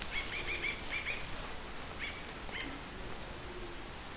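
Bird calls, a quick series of short sharp chirps at the start, then two single chirps later, over heavy rushing background noise.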